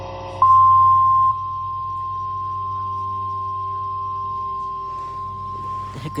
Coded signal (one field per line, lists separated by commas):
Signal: Emergency Alert System (SAME) tones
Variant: 1050 Hz attention tone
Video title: EAS Alerts From 11/4/24 (EAS #3473-3492)